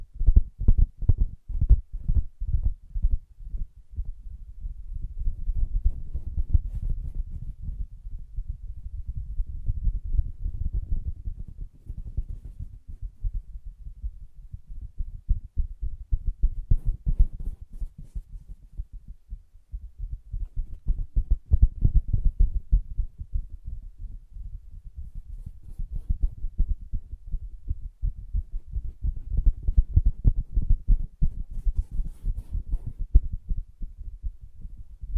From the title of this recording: Soft Fabric Surface Tapping & Scratching